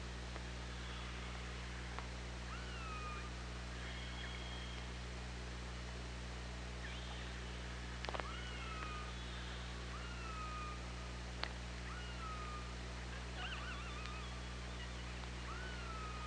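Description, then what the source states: Killer whale pulsed calls, a series of buzzy, harmonic downswept and wavering tones repeated every second or two over steady low hum and hiss, with a few sharp clicks. OrcaLab hydrophone, 24 August 2017, 18:01.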